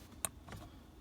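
A plastic plug of a security bypass cable is pushed into the security gateway module socket of a 2018 Ram. A sharp click at 0.2 seconds shows it snapping into place, followed by a fainter sound at 0.5 seconds. The connector is seated.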